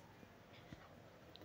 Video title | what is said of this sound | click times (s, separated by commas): #عيوب مضرب وهاند بلندر براون 😭ندمت انى إشتريته | ما بتاخدش ايه اي حاجه، يا دوب تزقها كده تعمل تك تك تعرف ان هي ايه دخلت وثبتت. | 1.4 s